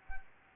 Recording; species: mosquito wingbeat signal from an infrared sensor; Anopheles arabiensis